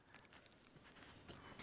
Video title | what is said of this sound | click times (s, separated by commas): Browning Challenger Part 3 | I'm holding back my spring and plunger and then I just snap in my extractor | 1.3 s